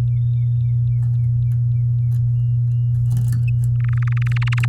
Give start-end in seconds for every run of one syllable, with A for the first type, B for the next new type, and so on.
0.00-0.01 A, 3.80-4.66 B